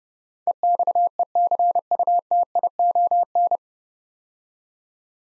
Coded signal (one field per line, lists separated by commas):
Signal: Morse code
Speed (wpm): 30 wpm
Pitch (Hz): 700 Hz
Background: none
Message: EXECUTION